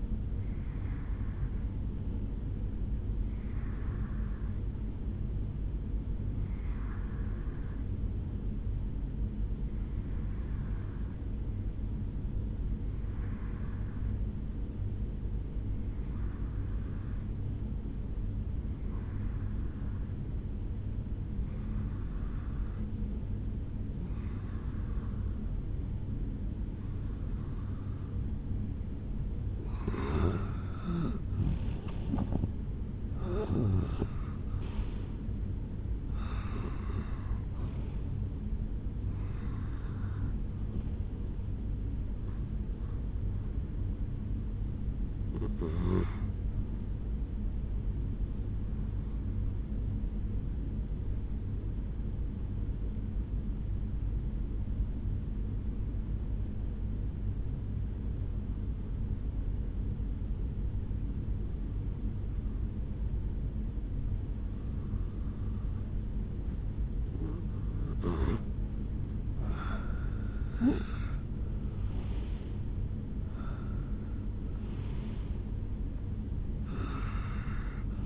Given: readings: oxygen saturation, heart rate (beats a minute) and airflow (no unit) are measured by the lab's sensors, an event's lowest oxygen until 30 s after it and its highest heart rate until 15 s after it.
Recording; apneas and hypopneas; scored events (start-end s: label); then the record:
breathing in sleep by a smartphone at the bedside; 2
5.00-31.80 s: hypopnea (N1, oxygen 94% highest, then 90% lowest, heart rate 69 at the start, 77 highest)
10.00-40.00 s: new sleep stage, N2 (light sleep)
40.00-78.06 s: new sleep stage, N1 (lightest sleep)
48.00-67.50 s: hypopnea (N1, oxygen 95% highest, then 88% lowest, heart rate 66 at the start, 80 highest)
From the record:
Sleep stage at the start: N1 (lightest sleep); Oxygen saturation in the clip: 90 to 95%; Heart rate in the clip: 64 to 80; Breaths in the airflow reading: 18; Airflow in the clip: -10.3 to 7.8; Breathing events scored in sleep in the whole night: 449 in 7.0 hours asleep